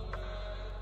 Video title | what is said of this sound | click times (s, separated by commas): Best Affordable Motovloging Setup ll Best Action Camera ll Must watch @THE_JET_BIKER | door को बंद कर देना है, ये लॉक हो गया गाइस, और इसको भी लॉक करना पड़ेगा। | 0.1 s